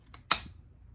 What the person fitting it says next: Perfect, it's snapped in place.